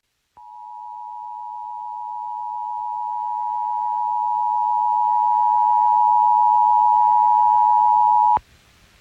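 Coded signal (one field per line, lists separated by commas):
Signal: Emergency Alert System (SAME) tones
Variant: 853 and 960 Hz attention tone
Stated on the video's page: EAS alerts, mostly flash flood warnings, in North Carolina.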